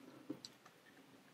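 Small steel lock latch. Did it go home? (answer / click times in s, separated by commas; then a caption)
released / 0.4 s. A shim is pushed down beside the shackle of a cheap WordLock dial combination padlock until the latch releases. After a soft knock at 0.3 s, a sharp tick at 0.5 s marks the shackle springing free of the metal latch, followed by a faint tap at 0.7 s. The shackle pops open and the lock is released.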